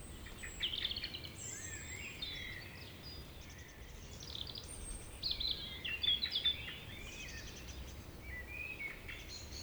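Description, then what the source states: Birds sing varied whistles and chirps, with a louder burst of quick notes in the later part, over steady background hiss. Evening village birds singing in Tregastel bourg, Pleumeur-Bodou, France, around 8 pm, humid weather, April 2019; MKH 8040 ORTF pair with Rycote windshield and Zoom H5 recorder.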